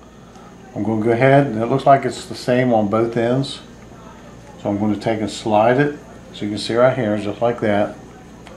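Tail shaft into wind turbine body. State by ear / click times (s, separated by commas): not seated / none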